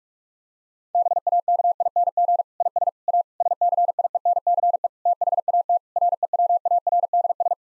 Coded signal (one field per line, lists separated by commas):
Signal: Morse code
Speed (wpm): 46 wpm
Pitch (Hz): 700 Hz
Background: none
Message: BAKING IS A SCIENCE THAT REWARDS